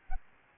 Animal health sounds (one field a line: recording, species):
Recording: mosquito wingbeat signal from an infrared sensor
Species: Aedes albopictus